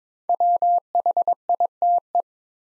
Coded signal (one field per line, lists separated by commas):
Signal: Morse code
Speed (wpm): 22 wpm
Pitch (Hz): 700 Hz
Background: none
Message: WHITE